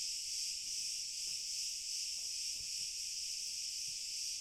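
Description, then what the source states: Crickets in chorus: a continuous, even high shimmer of chirping with no breaks and a faint low rumble underneath. Cricket chorus, very distant.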